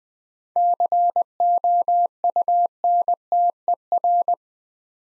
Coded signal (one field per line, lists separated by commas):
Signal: Morse code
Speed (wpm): 20 wpm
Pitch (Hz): 700 Hz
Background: none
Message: COUNTER